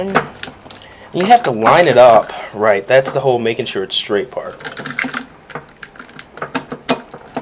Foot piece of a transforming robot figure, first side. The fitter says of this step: There you go. Snaps into place.